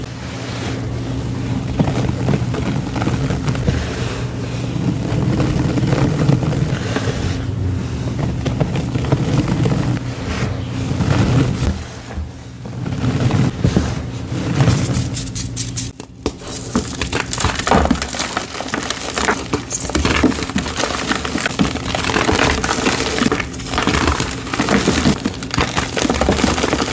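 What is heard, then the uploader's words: Gym chalk being crushed and crumbled in a dense, continuous run of dry crackling and gritty scraping. A steady low hum sits underneath throughout. Around 16 seconds the sound briefly cuts out, then resumes with brighter, busier crunching to the end. Rainbow gym chalk compilation.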